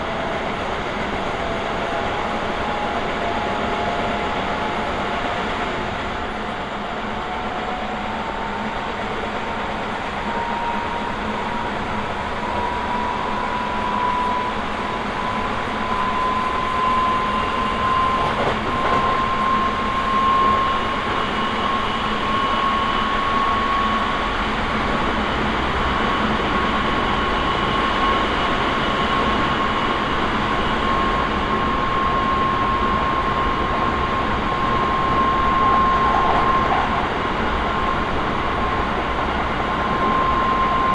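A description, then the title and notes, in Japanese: Inside a train running from the Hokuso Railway onto the Toei Asakusa Line, Higashi-Matsudo to Ningyocho, a steady dense rumble of wheels and motor fills the clip. A thin whine rises in pitch over the first twenty seconds, then holds level, flickering on and off as the train cruises. 耳で楽しむ鉄道旅 北総鉄道→都営浅草線 東松戸→人形町。正確には京成高砂から京成本線と京成押上線を通って都営浅草線に入ります。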